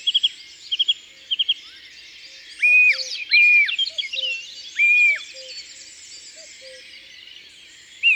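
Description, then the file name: Song thrush song: a short chirping phrase given three times, then a clear arched whistle repeated three times, over busy birdsong and a steady low two-note call. Recorded in the Drôme, France, as part of a collection of natural soundscapes. "Grive musicienne Concerts Naturels de la Drome Studio les Trois Becs"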